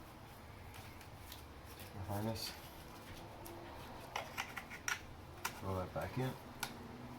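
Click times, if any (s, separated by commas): 6.6 s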